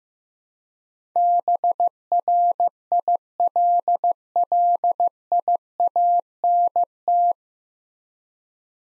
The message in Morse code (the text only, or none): BRILLIANT